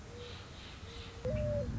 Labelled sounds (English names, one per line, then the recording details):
Mourning Dove
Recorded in Sonoma County, California